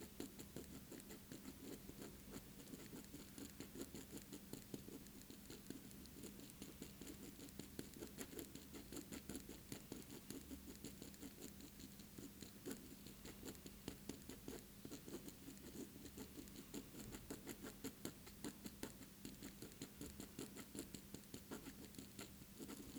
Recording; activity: daily activity, guitar pickup as the sensor; write